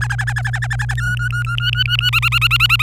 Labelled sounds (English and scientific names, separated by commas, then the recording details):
Domestic Canary (Serinus canaria) song
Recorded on 26 April 2018 at 12:24
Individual llb3